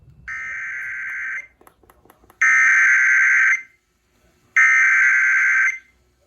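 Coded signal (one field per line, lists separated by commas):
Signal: Emergency Alert System (SAME) tones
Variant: header bursts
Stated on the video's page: Real alerts during a massive storm, received on weather radios including a Sangean CL-100 Public Alert radio.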